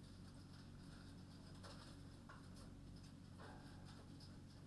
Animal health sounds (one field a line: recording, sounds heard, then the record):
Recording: poultry house recording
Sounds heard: no chicken sound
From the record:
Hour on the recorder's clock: 22